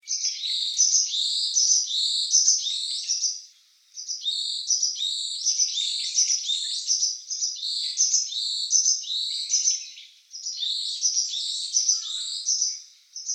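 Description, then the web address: Varied tit giving dense runs of high, thin chirping notes, broken by a few brief pauses. Recorded on 22 February 2014. "birdenaga yamagara"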